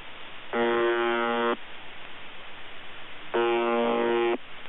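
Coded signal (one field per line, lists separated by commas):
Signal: channel marker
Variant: UVB-76 (The Buzzer)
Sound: two harsh, rasping one-second buzzes about three seconds apart, between hissing static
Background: radio static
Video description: UVB-76 "The Buzzer" sounds a bit broken. Received in Denmark with Airspy HF+ and Gqrx SDR on 2017-10-21 23:53z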